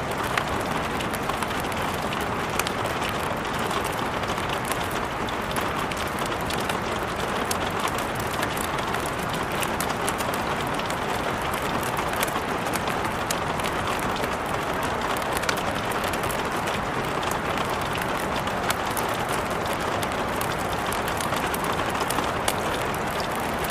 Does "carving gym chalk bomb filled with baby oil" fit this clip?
no